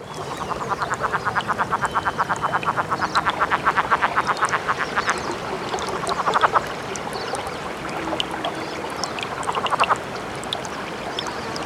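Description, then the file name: Cascades frog calling in a long string of quick clucking pulses, followed by two shorter bursts, with faint clicks and background noise between. Encounter calls. "rcascadae 5 encounters"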